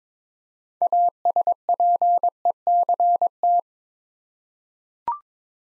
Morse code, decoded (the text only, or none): ASPECT